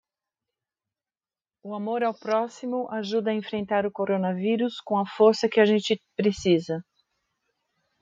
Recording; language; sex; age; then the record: spoken sentence; Brazilian Portuguese; female; 50 to 59 years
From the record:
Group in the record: control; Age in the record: 58 years